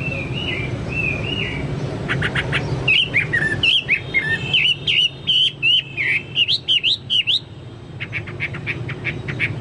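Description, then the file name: Chinese hwamei song: soft wavering whistles build into a loud series of rising and falling slurred notes, then quieter repeated short notes. "hwamei-2-omkicau"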